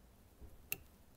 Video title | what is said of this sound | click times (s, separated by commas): HOW TO FIX 1995-1999 GMC & CHEVROLET DOOR JAMB SWITCH!! | new switch which I just heard the click and just | 0.7 s